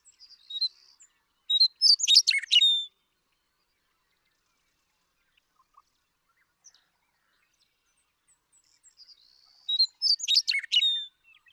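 Western meadowlark repeating its song twice, about eight seconds apart, each a burst of clear whistles flowing into a rapid gurgling flourish, with silence between.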